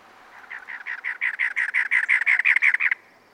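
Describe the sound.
Cactus wren song starting softly and swelling into a fast, even series of many rough, grating notes, then stopping sharply.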